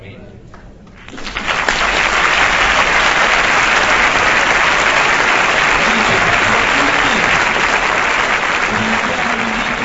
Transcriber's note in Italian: applausi